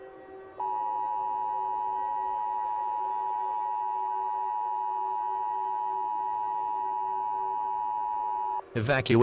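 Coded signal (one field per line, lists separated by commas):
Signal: Emergency Alert System (SAME) tones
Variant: 853 and 960 Hz attention tone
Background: speech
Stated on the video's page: Fictional EAS scenario.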